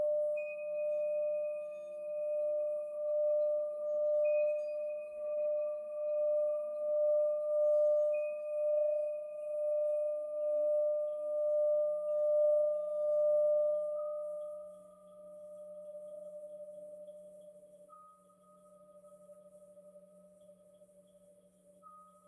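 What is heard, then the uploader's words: A singing bowl rings with a steady, pure tone and faint higher overtones, pulsing in a slow, regular wobble for about fourteen seconds. Then the ringing grows softer and thinner, settling into a quieter sustained hum that slowly fades toward the end. MIDI and BOWL sounds 7 mins per chakra.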